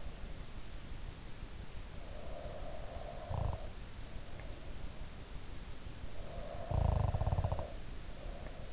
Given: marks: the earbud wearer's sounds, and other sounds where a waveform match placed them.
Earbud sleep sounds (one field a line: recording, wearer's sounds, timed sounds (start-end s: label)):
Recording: sounds in sleep by an in-ear microphone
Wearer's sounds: snoring breath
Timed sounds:
2.22-4.62 s: snoring breath
6.22-8.73 s: snoring breath